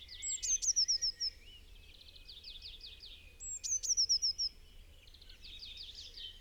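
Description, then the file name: Eurasian blue tit giving two phrases of high thin notes that run into a rapid string of clipped notes, with other small birds trilling and steady background noise. "Cyanistes caeruleus"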